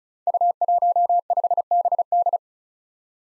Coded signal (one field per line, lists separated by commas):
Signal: Morse code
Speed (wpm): 36 wpm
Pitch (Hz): 700 Hz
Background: none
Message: U15BD